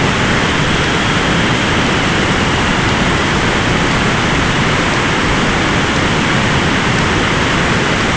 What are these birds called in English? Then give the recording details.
Dunlin. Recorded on Arctic tundra, site ZACK-1, on 14 June 2019. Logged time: 23:49